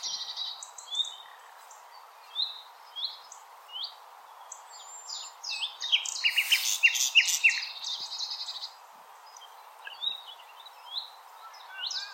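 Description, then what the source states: Common nightingale song of scattered short phrases rising into a loud rattling, buzzy burst midway, then quieter chirps. Recorded 16 April 2021.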